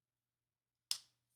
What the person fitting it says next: there we go popped in place